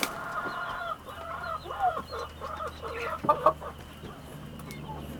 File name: Galinheiro perto de estrada galinhas pintinhos vozerio